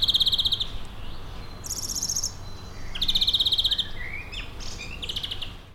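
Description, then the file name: European greenfinch uttering quick rattling trills, with a drawn-out rising wheeze in the second half, against a low continuous hum. "Chloris chloris"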